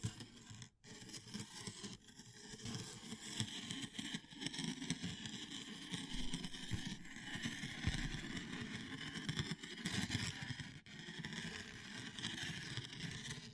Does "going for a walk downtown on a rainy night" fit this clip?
no